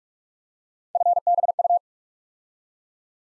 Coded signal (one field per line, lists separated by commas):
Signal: Morse code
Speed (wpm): 44 wpm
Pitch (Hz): 700 Hz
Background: none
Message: FBU